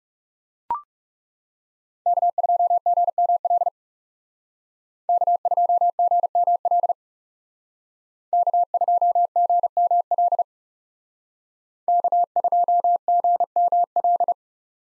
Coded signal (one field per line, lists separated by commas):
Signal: Morse code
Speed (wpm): 37 wpm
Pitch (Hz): 700 Hz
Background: none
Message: K2GML K2GML K2GML K2GML